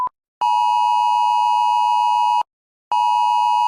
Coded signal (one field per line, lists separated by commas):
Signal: Emergency Alert System (SAME) tones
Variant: 853 and 960 Hz attention tone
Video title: EAS Scenario Santi Republic @Unsub_to_me_if_you_are_gay dara el mensaje y suceso o @BlaxStraw o la hora y el dia